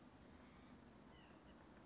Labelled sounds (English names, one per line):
White-breasted Nuthatch